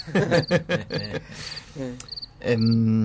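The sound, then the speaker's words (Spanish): A cricket chirps in short, high-pitched bursts that repeat at a steady pace, while a voice speaks underneath and a low sustained tone enters near the end. “Me gusta cómo se mezcla la palabra energía y empieza el grillo.”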